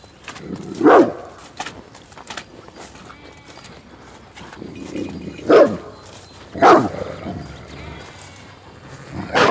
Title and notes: Paillet, France - RAYMOND ISLAND_WET_SOUNDWALK_PATOU_SHEEP_2_BINAURAL. Herd of"Scotish black face" with "Patou" the watchdog, always there ! // Un troupeau de "Scotish black face" toujours gardé par Patou !